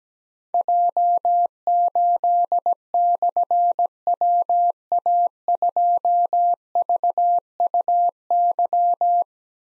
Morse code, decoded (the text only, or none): J8/WA2VUY